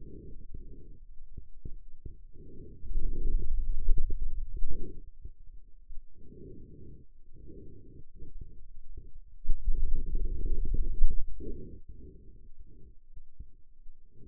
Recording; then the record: forearm muscle sounds (acoustic myography)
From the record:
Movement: hand opening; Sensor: system 2, bracelet of six BSWA MPA416 microphones around the upper forearm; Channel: 5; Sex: male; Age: 22 years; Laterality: right